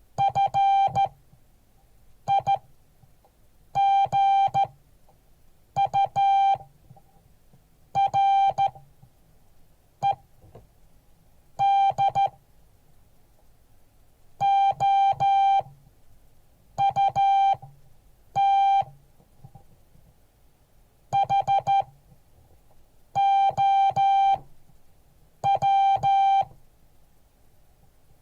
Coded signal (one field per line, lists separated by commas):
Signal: Morse code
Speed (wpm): 13 wpm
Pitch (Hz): 790 Hz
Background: music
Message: FIGURED OUT HOW